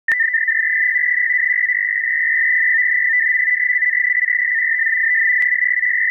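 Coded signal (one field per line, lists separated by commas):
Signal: NAVTEX (SITOR-B)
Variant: 100 baud SITOR-B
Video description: Several warnings reported: Gunnery exercises and Aircraft firing exercises. 4209.5 kHz RTTY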